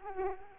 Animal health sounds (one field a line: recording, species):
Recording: mosquito wingbeat signal from an infrared sensor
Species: Culex quinquefasciatus